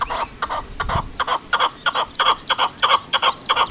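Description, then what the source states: Red-legged partridge giving a rhythmic series of rapid harsh chuffing calls. Species absent from Luxembourg.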